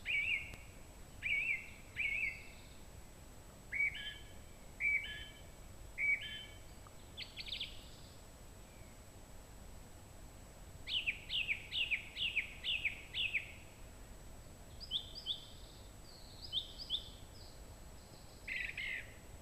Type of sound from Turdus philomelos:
song